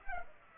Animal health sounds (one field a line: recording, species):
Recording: mosquito wingbeat signal from an infrared sensor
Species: Culex pipiens